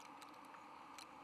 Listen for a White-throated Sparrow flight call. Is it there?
no